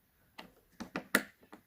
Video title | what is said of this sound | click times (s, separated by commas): Outboard engine care and how to start | click in place now good | 1.2 s